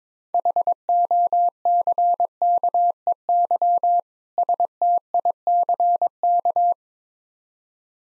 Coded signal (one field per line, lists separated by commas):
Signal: Morse code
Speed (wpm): 22 wpm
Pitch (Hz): 700 Hz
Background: none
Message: HOCKEY STICK